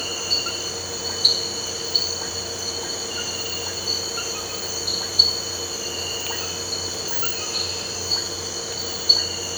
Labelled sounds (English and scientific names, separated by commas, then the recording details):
none
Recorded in pastures near Puerto Asís, Putumayo, Colombia, on 8 March 2025 at 05:30
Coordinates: 0.466, -76.322
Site CSA-02